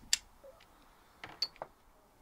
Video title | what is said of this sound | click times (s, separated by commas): New Parts for the Mustang | all right that's the second one nice solid click there as it went that one went in a lot | 0.1 s